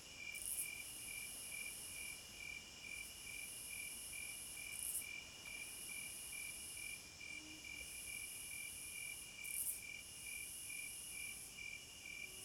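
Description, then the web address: Continuous cricket chorus, pulsed chirping around two beats a second with a shrill high trill that stops and restarts every two to three seconds. Crickets at midnight. "Sleep Sounds of Nature CRICKETS Midnight Serenade"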